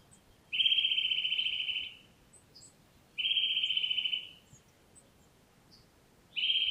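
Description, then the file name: Eurasian nuthatch with rapid even trills of quick repeated notes, three runs about three seconds apart, faint high chips in between. "Sitta europaea"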